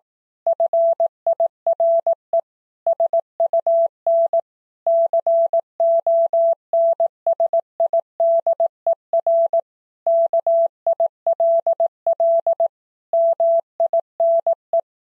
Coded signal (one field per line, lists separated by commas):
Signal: Morse code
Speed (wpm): 18 wpm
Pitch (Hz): 670 Hz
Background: none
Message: FIRE SUN CONSIDER KILL MINE